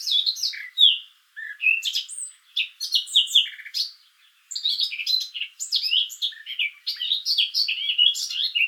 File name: Sylvia atricapilla